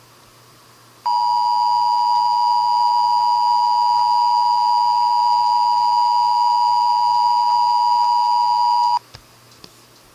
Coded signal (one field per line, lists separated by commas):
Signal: Emergency Alert System (SAME) tones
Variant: 853 and 960 Hz attention tone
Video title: EAS Mock: Pizza Rolls (Gift)